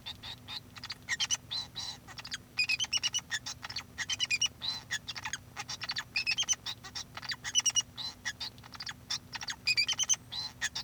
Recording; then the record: song of a male Bengalese finch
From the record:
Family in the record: son of father 2